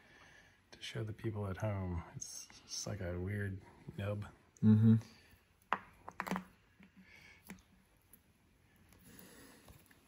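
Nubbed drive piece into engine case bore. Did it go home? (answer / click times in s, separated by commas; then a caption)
yes / 5.7 s. Someone talks while a drive piece with a nub on its bottom is lowered into its bore in a Porsche 911 engine case. It drops home with a sharp click at 5.7 s, followed by a few fainter ticks, and the piece is seated in place.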